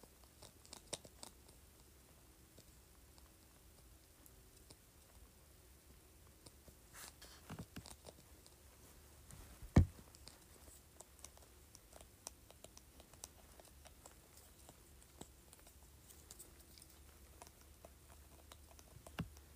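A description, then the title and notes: Scratching on a spray bottle lid comes as scattered small clicks and scrapes, irregular, over a faint low hum. A louder sharp knock stands out near the middle, with busier clusters of taps around seven to eight seconds. ASMR Scratching Spray Bottle Lid.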